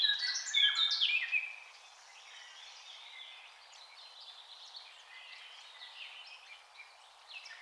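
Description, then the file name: Eurasian blackcap song: a loud, busy burst of warbling for about a second and a half, then only faint twittering. "Sylvia atricapilla"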